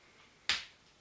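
A section of a plastic Transformers Studio Series Crowbar action figure is pushed into its mating joint during transformation, snapping in with one sharp click at 0.5 s that is bright around 2–4 kHz and fades within about 0.2 s against a quiet background. The part seats, but despite the audible snap the joint is not really secure.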